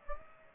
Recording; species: mosquito wingbeat signal from an infrared sensor; Aedes aegypti